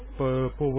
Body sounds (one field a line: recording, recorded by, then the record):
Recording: voluntary cough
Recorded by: telephone call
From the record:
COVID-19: positive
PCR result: checked with the laboratory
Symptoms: yes